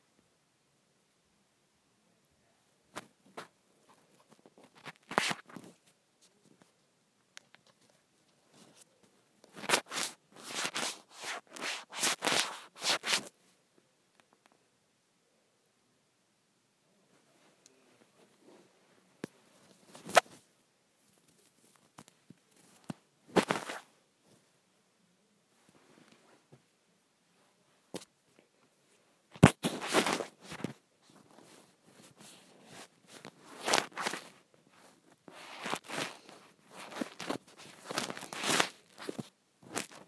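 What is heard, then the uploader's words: Crisp rustling and scrunching of fabric scrunchies in bursts around 3–6, 10–13, 20, 23 and 29–40 seconds, separated by quiet pauses. ASMR Satisfying Scrunchie Sounds.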